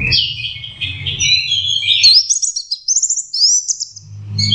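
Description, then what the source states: Orange-headed thrush song, a continuous run of high, varied whistled phrases with slurred notes, with a low hum at the start and end. Master recording for training Anis Kembang birds; 'teler' song style, version 4.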